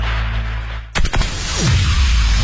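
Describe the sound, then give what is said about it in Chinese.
A low steady hum gives way to a sudden burst of sharp firecracker pops in quick succession, followed by a lingering rumbling crackle and a brief falling whistle. “依法依规放鞭炮，平平安安过春节。”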